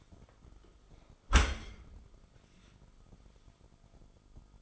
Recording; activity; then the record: daily activity, microphone in the room; close dishwasher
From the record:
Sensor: 5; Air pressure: 1004.8 hPa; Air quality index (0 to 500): 94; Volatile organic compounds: 2 ppm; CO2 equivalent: 1142 ppm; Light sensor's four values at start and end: 33/76/31/30 and 33/76/31/30